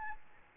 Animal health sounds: mosquito wingbeat signal from an infrared sensor; Aedes albopictus

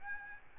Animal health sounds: mosquito wingbeat signal from an infrared sensor; Aedes albopictus

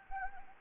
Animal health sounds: mosquito wingbeat signal from an infrared sensor; Anopheles arabiensis

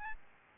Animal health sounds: mosquito wingbeat signal from an infrared sensor; Aedes albopictus

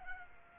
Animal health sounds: mosquito wingbeat signal from an infrared sensor; Culex quinquefasciatus

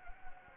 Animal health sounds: mosquito wingbeat signal from an infrared sensor; Anopheles gambiae

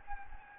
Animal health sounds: mosquito wingbeat signal from an infrared sensor; Anopheles gambiae

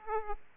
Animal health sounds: mosquito wingbeat signal from an infrared sensor; Aedes aegypti

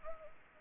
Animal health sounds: mosquito wingbeat signal from an infrared sensor; Anopheles arabiensis

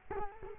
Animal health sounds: mosquito wingbeat signal from an infrared sensor; Culex quinquefasciatus

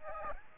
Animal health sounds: mosquito wingbeat signal from an infrared sensor; Aedes albopictus

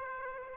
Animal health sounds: mosquito wingbeat signal from an infrared sensor; Aedes aegypti

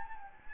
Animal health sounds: mosquito wingbeat signal from an infrared sensor; Anopheles gambiae

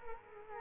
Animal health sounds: mosquito wingbeat signal from an infrared sensor; Culex quinquefasciatus

